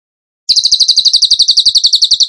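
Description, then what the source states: Bird song: after a short silence, an unbroken run of over twenty quick, sharp high notes. Masteran training recording; song in the tembakan gacor style.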